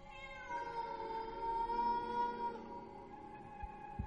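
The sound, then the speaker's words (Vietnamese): A cat gives one long, drawn-out meow, a plaintive and steady cry that holds for a couple of seconds before fading, followed by a couple of faint soft knocks. “Lâu lâu nó kêu lên một tiếng đến xót cả ruột.”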